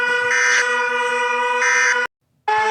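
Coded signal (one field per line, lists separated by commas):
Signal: Emergency Alert System (SAME) tones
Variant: end-of-message bursts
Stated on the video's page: Fictional EAS scenario about runaway trains.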